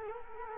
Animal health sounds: mosquito wingbeat signal from an infrared sensor; Culex quinquefasciatus

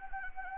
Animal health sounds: mosquito wingbeat signal from an infrared sensor; Anopheles gambiae

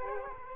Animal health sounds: mosquito wingbeat signal from an infrared sensor; Culex quinquefasciatus

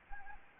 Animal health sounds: mosquito wingbeat signal from an infrared sensor; Anopheles arabiensis

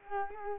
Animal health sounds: mosquito wingbeat signal from an infrared sensor; Culex quinquefasciatus

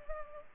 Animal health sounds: mosquito wingbeat signal from an infrared sensor; Culex pipiens

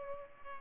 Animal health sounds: mosquito wingbeat signal from an infrared sensor; Culex pipiens

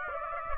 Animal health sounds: mosquito wingbeat signal from an infrared sensor; Aedes aegypti

